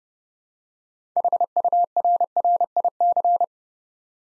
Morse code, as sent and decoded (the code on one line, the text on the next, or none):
.... ..- .-. .-. .. -.-.
HURRIC